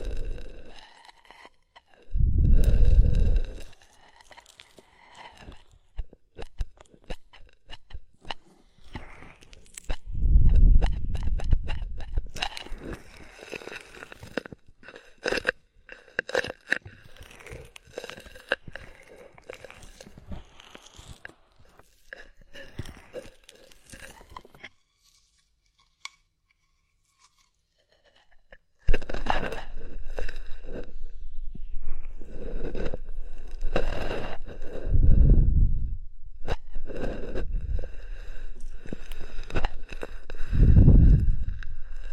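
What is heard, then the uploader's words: Body oil massage with wet, crackling, squishy sounds, dense and irregular, punctuated by heavier low thumps around 3, 11, 35 and 41 seconds. The sounds thin out and go nearly silent from about 25 to 29 seconds, then resume over a steady low hum. Body oil massage and bubble bath.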